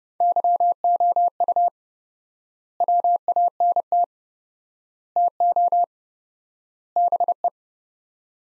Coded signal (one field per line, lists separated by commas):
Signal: Morse code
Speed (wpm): 30 wpm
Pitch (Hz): 700 Hz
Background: none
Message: YOU WANT TO BE